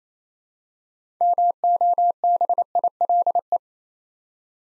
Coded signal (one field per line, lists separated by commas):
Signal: Morse code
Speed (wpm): 28 wpm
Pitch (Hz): 700 Hz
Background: none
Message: MOBILE